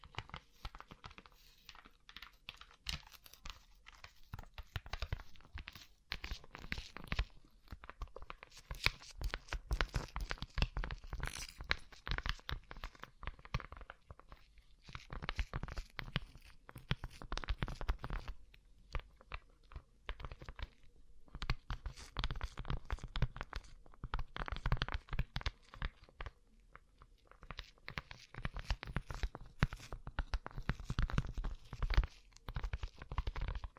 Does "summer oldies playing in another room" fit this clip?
no